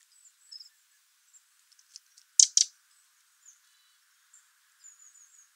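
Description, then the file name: Eurasian wren calling with a hard double tick, with faint, soft, high chirps around it. "Troglodytes troglodytes"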